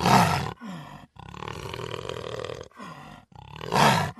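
Jaguar giving harsh roaring grunts, a loud rasping burst at the start and end with a lower drawn-out growl between them.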